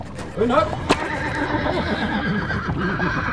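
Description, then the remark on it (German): A horse pulling a chaise gives a short, wavering whinny over a steady rumbling background as the carriage drives uphill toward a ruined tower at Burg Ziegenrück, followed by a sharp knock and lower, murmuring sounds that carry on to the end. “Die Chaise fährt bergan auf einen verfallenen, dicken Wohnturm zu, der kopflos aus dem Laub ragt.”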